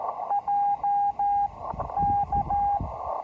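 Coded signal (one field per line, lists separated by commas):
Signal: Morse code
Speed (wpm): 13 wpm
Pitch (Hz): 810 Hz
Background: radio noise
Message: J K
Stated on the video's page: First CW Parks on the Air activation at the Marconi station site, Cape Cod, using a Kenwood TS-440SAT and an MFJ trainer straight key.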